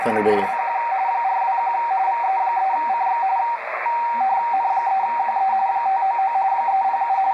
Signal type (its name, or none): RTTY